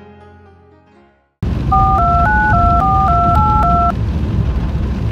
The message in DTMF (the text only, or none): 42924282